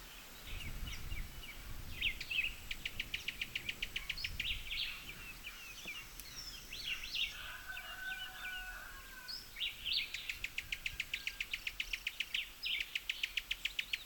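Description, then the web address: Cuban tody calls: bursts of fast, high ticking notes in repeated rattling series, separated by pauses, with a faint lower whistle and some low rumble in the background. "Cuban tody. صدای-پرنده-تودی-کوبایی"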